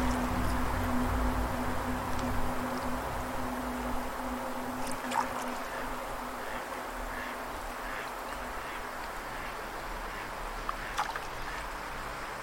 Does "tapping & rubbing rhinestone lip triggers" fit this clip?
no